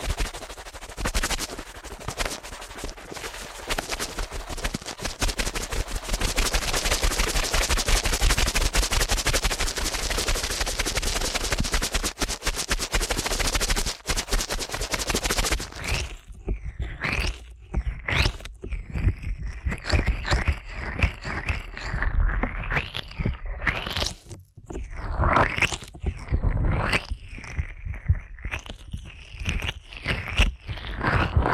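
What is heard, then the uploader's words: Rapid ear cleaning sounds, at first a dense, rushing scrape of fast rubbing and crackling that fills the first fifteen seconds. After that the sound thins into separate quick scrapes, clicks and crunchy strokes with short gaps, rising and falling in pitch, and a brief pause near twenty-four seconds. ASMR Ear Cleaning at Helicopter Speed.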